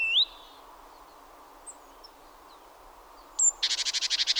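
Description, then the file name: Great tit breaking into a fast harsh churring rattle after a quiet spell, preceded by a high sharp note and a rising whistle at the start. "Parus major"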